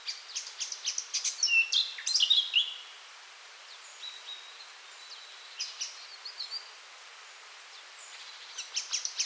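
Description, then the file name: Eurasian blackcap song, fairly soft: a burst of quick warbled notes and whistles, then scattered short phrases over a steady background hiss. "Sylvia atricapilla"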